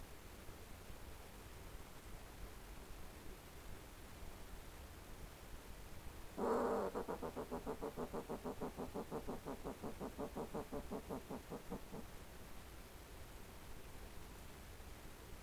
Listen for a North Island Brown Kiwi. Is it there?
no